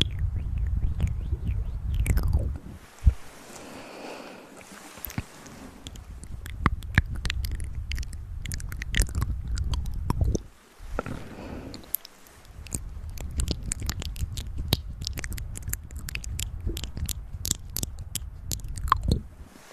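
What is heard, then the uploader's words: Ear massage and mouth sounds: dense wet clicks, squishes and chewing-like smacks crowd together over a low rumbling rub. The rubbing swells and fades, with brief near-silent gaps around three and ten seconds, and sharp bright clicks scattered throughout. Intense Ear Massage & Mouth Sounds.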